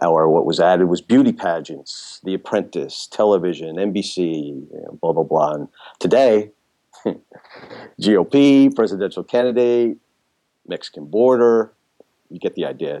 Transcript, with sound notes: what was added was beauty pageants, The Apprentice, television, NBC, blah, blah, blah. [laughs] GOP, presidential candidate, Mexican border… you get the idea.